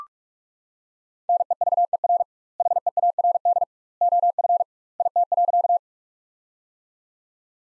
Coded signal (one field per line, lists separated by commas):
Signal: Morse code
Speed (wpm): 42 wpm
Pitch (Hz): 700 Hz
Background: none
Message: NEVER HEARD OF IT.